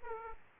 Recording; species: mosquito wingbeat signal from an infrared sensor; Aedes aegypti